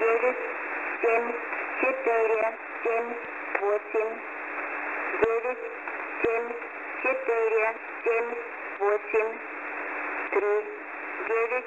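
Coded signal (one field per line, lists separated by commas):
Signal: numbers station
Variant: S06s, Russian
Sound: synthetic voice reading digits in Russian, groups like 9-7-4-7-8, over static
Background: radio static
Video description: 5-Digits: 5 46062 68672 97478 39685 30485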